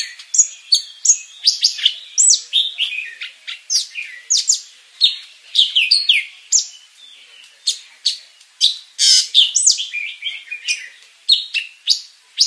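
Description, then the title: Greater green leafbird singing a busy medley of high chirps, slurred whistles and quick twitters, notes tumbling one after another almost without pause. Champion bird singing a complete 'isian' song while spreading its wings. "Burung Cucak Ijo Juara Dunia Suara Isian Komplit Kibarkan Sayap"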